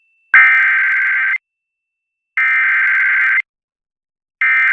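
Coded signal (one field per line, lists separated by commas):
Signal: Emergency Alert System (SAME) tones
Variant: header bursts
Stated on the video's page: Severe Thunderstorm alerts received on NOAA Weather Radio.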